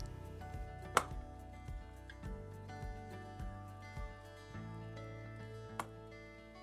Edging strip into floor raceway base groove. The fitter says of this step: When correctly installing the Raceway base edging, you should hear a snapping sound signifying the edging is securely under the metal lip.